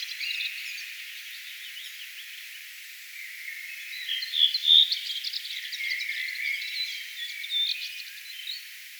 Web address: paivat 4 6 2025 tuolla tavoin laulava punakylkirastaslintu